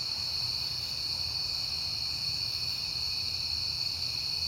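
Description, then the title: Crickets trilling in a dense, steady high-pitched chorus that never breaks, over a faint low rumble. Crickets at night in September, on a peaceful night. "Night Time: Crickets and Passing Cars"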